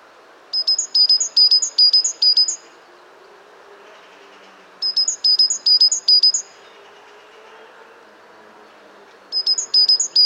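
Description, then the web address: Great tit repeating a high, ringing double note in short bursts, each strophe separated by a few seconds of quiet background. "pub SETE data Parus major"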